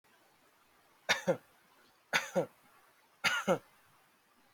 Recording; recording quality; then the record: shallow voluntary cough; excellent, no background noise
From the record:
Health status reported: healthy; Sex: male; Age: 25 years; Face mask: not worn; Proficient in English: no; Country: India